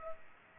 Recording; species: mosquito wingbeat signal from an infrared sensor; Culex pipiens